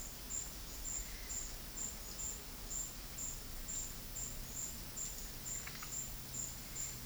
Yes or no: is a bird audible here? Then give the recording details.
no. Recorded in dense forest near Puerto Asís, Putumayo, Colombia, on 20 February 2024 at 13:30. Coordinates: 0.481, -76.318. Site G6421